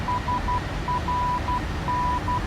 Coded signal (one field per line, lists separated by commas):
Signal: Morse code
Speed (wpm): 12 wpm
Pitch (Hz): 990 Hz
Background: none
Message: SRN